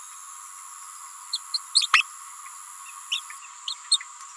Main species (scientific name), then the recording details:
Forpus passerinus. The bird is a female. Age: 28 days. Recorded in a nest box in Venezuela. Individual 17B31A3